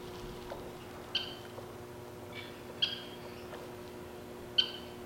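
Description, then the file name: Western kingbird calls: three crisp, high, clipped notes at fairly even intervals against a soft low background hum. "Western Kingbird - Tyrannus verticalis"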